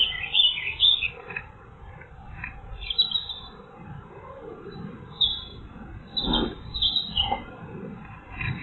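Bird chirping in high, quick, twittering notes, repeated irregularly over background noise.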